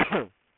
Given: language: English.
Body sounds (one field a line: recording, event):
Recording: throat vibration sensor signal played as sound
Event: cough